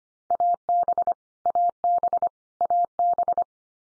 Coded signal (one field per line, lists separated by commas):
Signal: Morse code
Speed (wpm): 25 wpm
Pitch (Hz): 700 Hz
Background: none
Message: AB AB AB